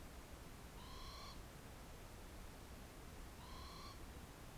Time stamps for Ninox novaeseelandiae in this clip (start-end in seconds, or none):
0.69-1.42, 3.31-4.02